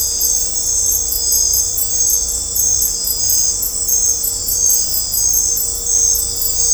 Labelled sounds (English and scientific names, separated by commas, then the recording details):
none
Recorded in dense forest near Puerto Asís, Putumayo, Colombia, on 16 December 2024 at 19:30
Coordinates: 0.503, -76.323
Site G043